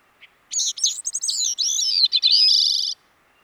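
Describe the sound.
Bicknell's thrush singing one thin, fluty song of tumbling high notes that slide and twist, ending in a buzzy, sustained trill.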